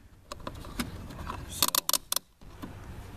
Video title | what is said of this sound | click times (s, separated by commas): door panel repair | what they want you to do is get past three clicks | 1.6 s, 1.8 s, 1.9 s, 2.2 s